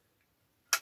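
The side cocking lever of a Diana 52 spring air rifle is lowered, and the metal anti-beartrap lock-off ratchet gives a sharp, bright click at 0.7 s as it seats into its third and last stage, where the safety engages. The rest of the clip is near silence.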